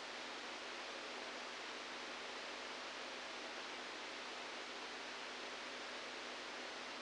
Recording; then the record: brain microelectrode recording played as sound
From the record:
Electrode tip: outside the subthalamic nucleus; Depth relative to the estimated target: 1 mm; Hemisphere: right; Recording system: NeuroSet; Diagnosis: Parkinson's disease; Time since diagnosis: 7 years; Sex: male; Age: 69 years